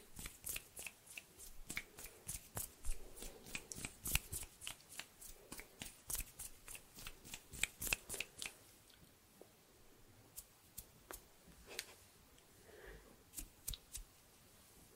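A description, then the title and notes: Hand sounds around the mic: crisp snaps and quick finger flutters in a dense, fast run for the first eight seconds, then sparser single snaps with pauses. The clicks are bright and sharp against a quiet hush. ASMR HAND SOUNDS, SNAPPING and FINGER FLUTTERING around the mic NO TALKING.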